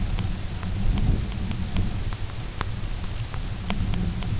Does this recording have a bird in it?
no